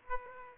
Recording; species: mosquito wingbeat signal from an infrared sensor; Aedes aegypti